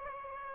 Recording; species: mosquito wingbeat signal from an infrared sensor; Aedes aegypti